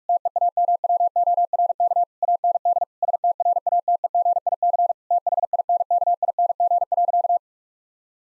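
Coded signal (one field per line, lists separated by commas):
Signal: Morse code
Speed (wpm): 41 wpm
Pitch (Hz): 700 Hz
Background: none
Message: TEAMWORK AND STRATEGIC THINKING.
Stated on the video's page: Morse practice set of difficult sentences with contextual hints, sent at 45 wpm.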